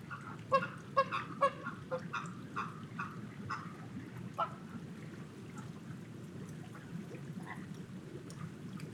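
Flamingo honks, a few loud calls in the first half that thin out into quieter chatter over a low background rumble.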